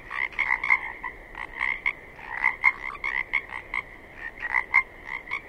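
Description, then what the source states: Pacific chorus frogs in full chorus, loud overlapping ribbit-like croaks in bursts over a continuous high trilling background. Several Pacific chorus frogs recorded 27 May 2006 at 21:20.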